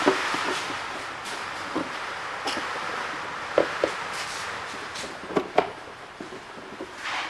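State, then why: Not seated. A plastic air intake part is pushed back into the air filter box while the air filter housing is refitted on an Audi SQ5 during a K&N air filter installation, giving several knocks and taps at about 3.6, 5.4, 5.6 and 7.4 seconds. The part has not clicked into place, though it looks like it is over, and it must be fully clicked in because that is the only seal.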